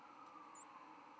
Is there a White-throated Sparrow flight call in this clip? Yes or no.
no